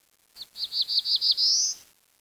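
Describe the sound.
Bird giving a quick series of six short, high chirps that each dip at the end, followed by one longer, slightly rising whistled note, against quiet background.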